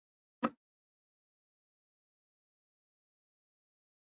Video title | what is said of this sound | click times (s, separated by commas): True View 3D Imaging System - Pre-Flight Hardware Preparation | locking mechanism you should feel it lock into place you will make sure all these are secured then | 0.5 s